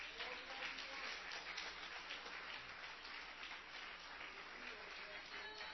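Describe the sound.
A crowd at a sermon applauds Christ steadily for several seconds, a dense, continuous wash of many hands clapping at even loudness, with voices calling out and murmuring underneath.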